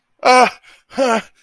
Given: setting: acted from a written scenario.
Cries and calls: vocal sound without words; distress

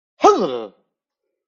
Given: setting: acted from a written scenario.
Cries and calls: vocal sound without words; negative surprise

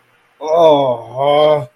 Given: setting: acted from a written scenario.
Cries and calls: vocal sound without words; negative surprise

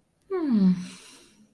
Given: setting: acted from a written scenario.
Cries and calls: vocal sound without words; romantic love

